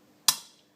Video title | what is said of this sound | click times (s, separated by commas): 'Sweating In' bearings into cases-the safe way to install b | If you hear this sound, then that's a good sound to have. And that just tells you that it's seated. | 0.3 s